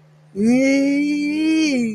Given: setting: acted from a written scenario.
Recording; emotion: vocal sound without words; elation